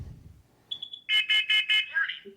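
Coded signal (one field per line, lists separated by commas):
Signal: alarm pattern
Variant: temporal-4 carbon monoxide alarm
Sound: faint chirps, then four quick loud shrill beeps, then a short rising squeal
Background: small room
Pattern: 4 short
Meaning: Carbon monoxide detected; leave the home and call 911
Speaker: Warning. Evacuate. Carbon monoxide. Evacuate.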